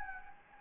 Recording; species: mosquito wingbeat signal from an infrared sensor; Anopheles gambiae